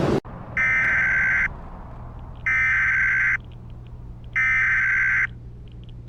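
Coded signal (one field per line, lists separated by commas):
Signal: Emergency Alert System (SAME) tones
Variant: header bursts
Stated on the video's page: EAS scenario recreation.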